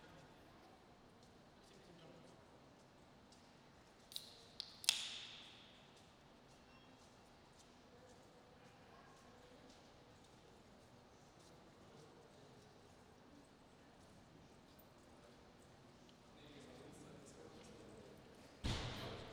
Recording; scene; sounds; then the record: everyday scene through a hearing-aid microphone; reverberant space; background noise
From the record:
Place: railway station hall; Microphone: in the ear canal, right